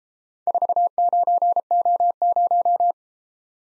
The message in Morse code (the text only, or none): 49O0